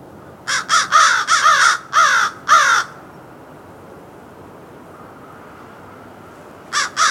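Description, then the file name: American crow delivering a fast series of harsh caws, some running together, then silence before two more caws at the end. "Corvus brachyrhynchos - American Crow"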